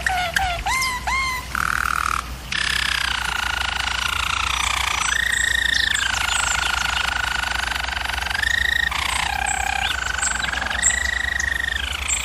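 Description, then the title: German Roller canary song opening with repeated bubbling slurs, then long smooth rolls that rise and fall between tours, with short breaks and a constant low hum. German Roller canary singing, for canary training. "German Roller Canary Singing - Canary Training Vid"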